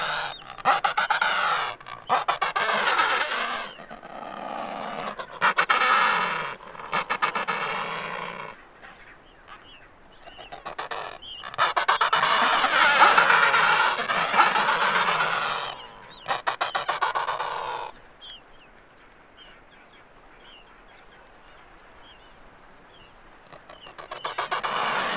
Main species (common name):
Adelie Penguin